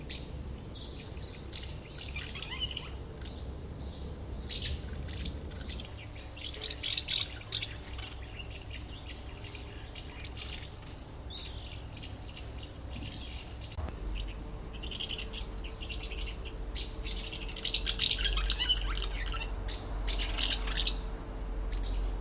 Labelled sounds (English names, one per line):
Common House Martin